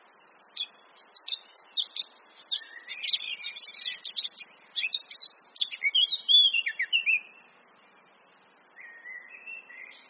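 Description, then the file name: Eurasian blackcap song: a jumble of quick, thin twittering notes builds into a louder whistled flourish, followed by quiet with a few soft notes. "Sylvia atricapilla"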